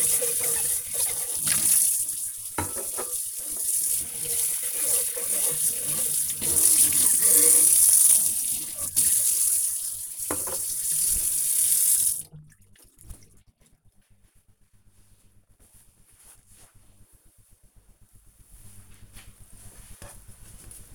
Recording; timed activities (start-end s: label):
household activities, microphone on the right wrist
0.00-13.05 s: washing dishes